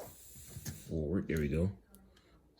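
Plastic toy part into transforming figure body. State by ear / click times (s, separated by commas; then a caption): seated / 1.9 s. A plastic piece of a transforming robot toy, an X-Transbots Overheat/Drag Strip figure, is pushed forward into the figure body with a little push because it is a little tight. Someone talks, then the part snaps into place with a sharp click at about 2.0 s. The piece is seated.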